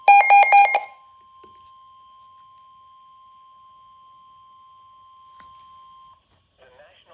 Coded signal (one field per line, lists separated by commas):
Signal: Emergency Alert System (SAME) tones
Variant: 1050 Hz attention tone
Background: speech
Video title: NOAA Weather Radio Series | Compilation | EAS #2 ~ #12